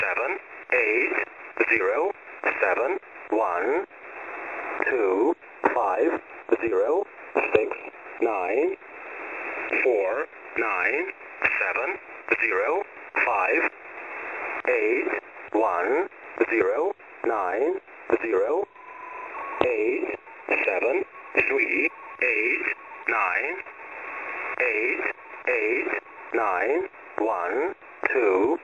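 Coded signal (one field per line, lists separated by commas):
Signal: numbers station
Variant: E07, English male voice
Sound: male voice reading English digits one by one, evenly spaced, over radio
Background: radio static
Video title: 17451kHz Russian Number Station E07 (05.03.2024)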